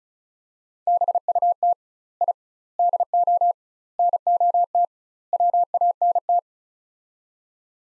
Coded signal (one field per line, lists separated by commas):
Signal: Morse code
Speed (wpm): 36 wpm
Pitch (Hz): 700 Hz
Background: none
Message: BUT I DO NOT WANT